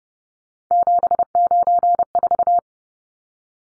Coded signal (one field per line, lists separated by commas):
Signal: Morse code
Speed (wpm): 30 wpm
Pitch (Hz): 700 Hz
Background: none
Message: 794